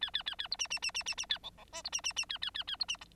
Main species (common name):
Bengalese Finch